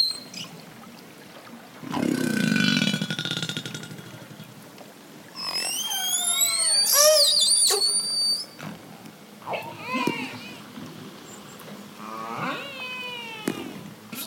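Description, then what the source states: Orca calls and whistles: a rushing burst of noise, then high squeals that sweep up and down, with pulsed calls in between and near the end. The song of an orca, heard at the end.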